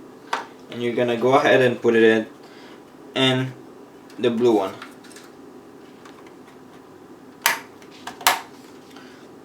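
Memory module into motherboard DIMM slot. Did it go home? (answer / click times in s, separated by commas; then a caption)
yes / 7.5 s, 8.3 s. A RAM memory module is pushed into the blue memory slot on a motherboard until the slot's plastic retention clips snap shut, seating it. Someone talks at first, then two sharp clicks are heard at 7.5 and 8.3 seconds as the module locks in place.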